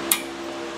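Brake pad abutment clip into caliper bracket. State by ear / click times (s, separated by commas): seated / 0.1 s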